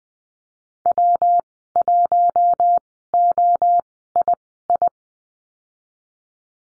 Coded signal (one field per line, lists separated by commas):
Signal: Morse code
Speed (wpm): 20 wpm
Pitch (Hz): 700 Hz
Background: none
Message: W1OII